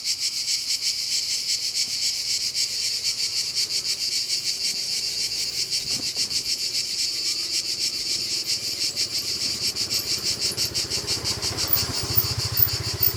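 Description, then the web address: Cicada chorus making a steady high rasping buzz with rapid pulses throughout, a faint low rumble creeping in near the end. Cicadas recorded at Castelvecchio di Rocca, Liguria, Italy. "impossible-music Cicadas-Castelvecchio Di Rocca,Liguria,Italy"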